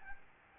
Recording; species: mosquito wingbeat signal from an infrared sensor; Aedes albopictus